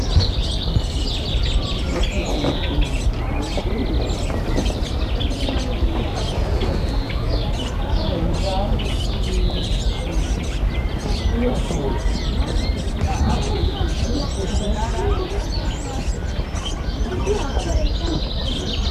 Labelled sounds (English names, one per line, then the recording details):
Red-cowled Cardinal
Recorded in captivity
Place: Vogelpark Walsrode, Niedersachsen, DE
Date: 1985-06-18
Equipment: Halbspur, 9,5 cm/s
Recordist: Lütgens, Hans